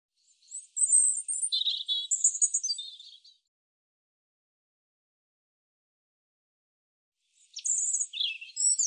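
European robin singing: a long, varied phrase of high warbles and thin whistles, a pause of about four seconds, then another phrase starting, with no other sounds.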